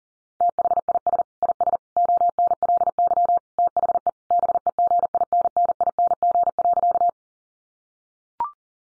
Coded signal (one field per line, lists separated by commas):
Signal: Morse code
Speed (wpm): 40 wpm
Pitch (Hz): 700 Hz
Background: none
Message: THIS IS ONLY THE BEGINNING.